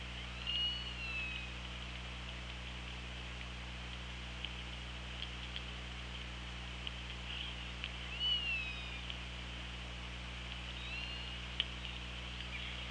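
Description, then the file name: Orca calls, faint tonal sweeps rising and falling near the upper mid range, heard three times over steady low underwater hum. Recorded 24 August 2017 at 17:59. "Orca Lab. 20170824 175933"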